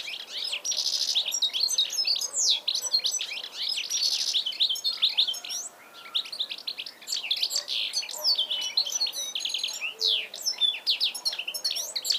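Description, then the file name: European goldfinch calls, near-continuous high twittering packed with quick chirps. "Carduelis carduelis"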